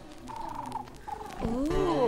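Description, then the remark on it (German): A human voice imitates a pigeon's coo with low, throaty, warbling tones that waver up and down, growing louder toward the end with a gliding, bending pitch. “Und jetzt bin ich eine Taube.”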